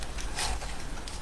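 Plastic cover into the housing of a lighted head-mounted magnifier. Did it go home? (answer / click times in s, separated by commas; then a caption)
no / none. A plastic cover is handled as it is fitted into the housing of a lighted head-mounted magnifier, giving soft broadband rustling and small handling noises over 1.3 seconds, with a brief louder sound near 0.2 s. Nothing has seated or clicked yet.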